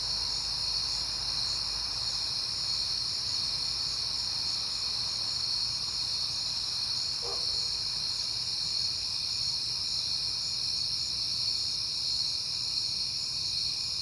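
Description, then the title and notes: Crickets keep up a continuous high-pitched trill; a brief faint tone cuts in once partway through. Crickets recorded at night in September, on a peaceful night. "Night Time: Crickets and Passing Cars. It is September and I have been hearing the crickets a lot, but finally had a peaceful night to make the recording"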